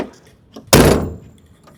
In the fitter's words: इस तरीके से यह लॉक हो गया। अब यह आगे नहीं खुलेगा।